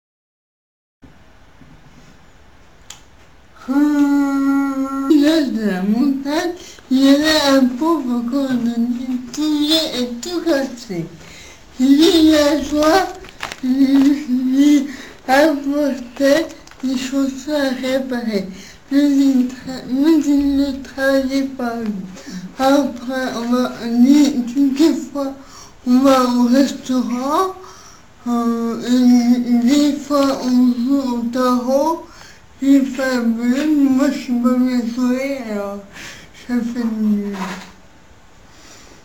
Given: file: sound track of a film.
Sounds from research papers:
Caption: Evaluation of the dysarthria of the patient 2 h after zolpidem. Maximum phonation time of a sustained [a] was longer. Reading and spontaneous speech rates improved as well as the intelligibility.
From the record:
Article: Dystonic Dysarthria in Wilson Disease: Efficacy of Zolpidem

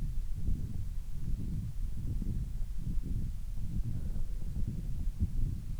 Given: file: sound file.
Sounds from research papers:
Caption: Audio file of pre-treatment ear canal signal from the no.7 VPT patient.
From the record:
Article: Pre-Treatment Objective Diagnosis and Post-Treatment Outcome Evaluation in Patients with Vascular Pulsatile Tinnitus Using Transcanal Recording and Spectro-Temporal Analysis

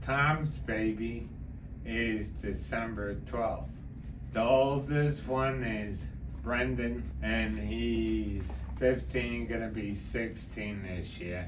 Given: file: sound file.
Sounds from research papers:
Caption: Audio recording at 30 Hz stimulation. The patient and his family also noticed discernable differences in his speech at 30 Hz stimulation but not sham stimulation or other frequency stimulations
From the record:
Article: Effects of Low-Frequency Deep Brain Stimulation in Bilateral Zona Incerta for a Patient With Tremor and Cerebellar Ataxia

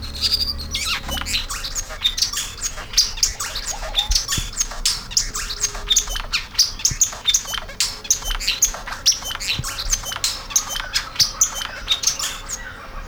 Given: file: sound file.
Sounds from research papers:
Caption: Song of Aquismón lek.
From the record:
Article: Acoustic Divergence with Gene Flow in a Lekking Hummingbird with Complex Songs

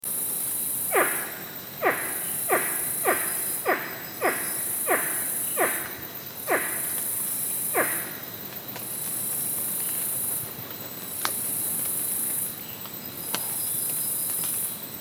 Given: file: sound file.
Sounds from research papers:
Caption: Sample of a first dusk chorus in the intact Kichi Hills forest. 9th April 2007, 25.6°C, 81% h.r. 170 Hz high-pass filtered to remove noise due to wind.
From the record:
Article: Rapid Acoustic Survey for Biodiversity Appraisal

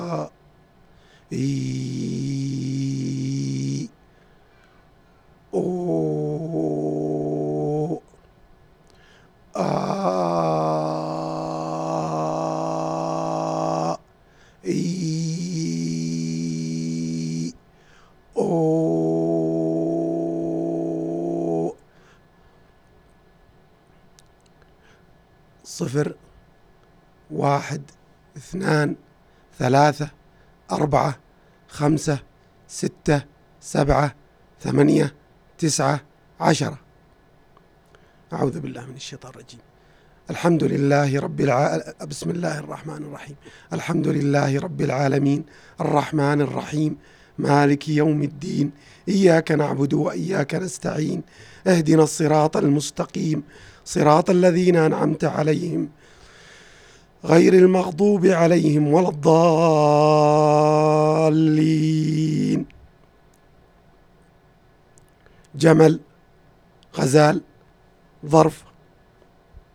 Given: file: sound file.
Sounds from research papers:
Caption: This is recording of a 55 years old male subject who is suffering from cyst. The subject has no habit of smoking, perceptual severity is 3 and recording is done before surgery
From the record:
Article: Development of the Arabic Voice Pathology Database and Its Evaluation by Using Speech Features and Machine Learning Algorithms

